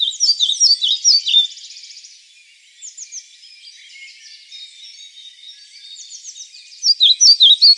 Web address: Faglar Sound Svartvit flugsnappare